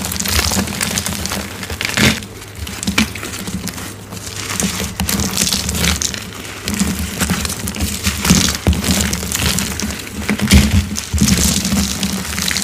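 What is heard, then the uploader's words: Gym chalk being crushed and worked in the hands, a dense crinkly crunching that goes on through the whole clip. Sharper cracks stand out near 2, 5, 7 and 10.5 seconds over a steady low hum underneath. Random Gym Chalk Crushes.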